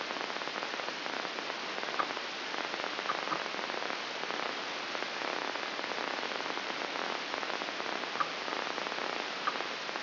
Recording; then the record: brain microelectrode recording played as sound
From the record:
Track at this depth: outside the subthalamic nucleus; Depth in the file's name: 7.86 mm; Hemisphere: left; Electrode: 2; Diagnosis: Parkinson's disease